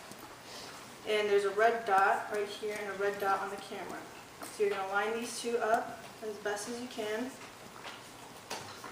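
An interchangeable lens is being lined up with the mount of a film camera body, red dot on the lens matched to the red dot on the camera, while someone talks. A short handling tap sounds near 8.5 s. The lens has not yet been twisted onto the bayonet mount, and nothing has seated or clicked yet.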